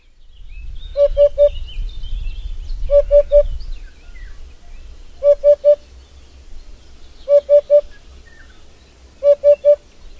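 Bird calling in short bursts of three clear, even notes, each burst spaced roughly two seconds apart, over low background rumble and faint twittering.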